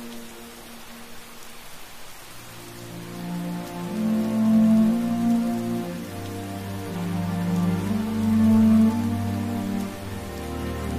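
Hogwarts on a rainy night: a soft, steady rain hiss opens the scene alone. After about two seconds, low sustained tones swell in and grow louder, shifting to new pitches around six and eight seconds while the rain continues underneath.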